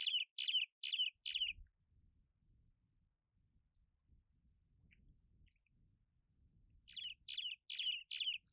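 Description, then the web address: Cuban martin calls, short harsh chirps in two runs, four at the start and a few more at the end, with quiet between. "Cuban martin. صدای-پرنده-چلچله-کوبایی"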